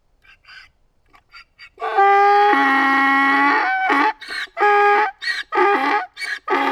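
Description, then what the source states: Donkey bray that starts with soft wheezes, then swells into a long loud honk followed by repeated see-sawing hee-haw blasts. Donkey crying.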